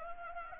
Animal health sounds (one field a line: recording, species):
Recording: mosquito wingbeat signal from an infrared sensor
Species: Anopheles gambiae